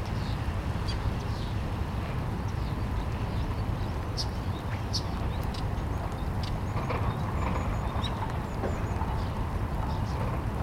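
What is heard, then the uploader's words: Early spring birds call in short, scattered chirps and high peeps, thin against a thick, steady low rumble like traffic that fills the whole clip. The bird notes come irregularly throughout, a little busier toward the middle and end. Early spring birds, Neubauten, ЛЭП. ЛЭП После ЖД Моста У Охты.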